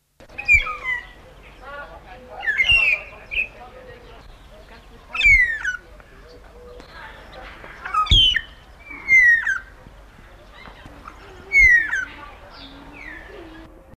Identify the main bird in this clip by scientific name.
Urolestes melanoleucus